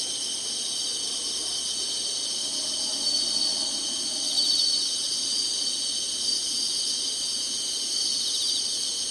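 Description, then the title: Insects trill together in an unbroken high-pitched buzz, with two brief louder swells around the middle. Summer. "SINGING INSECTS SUMMER"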